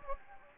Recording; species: mosquito wingbeat signal from an infrared sensor; Anopheles gambiae